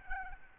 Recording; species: mosquito wingbeat signal from an infrared sensor; Aedes albopictus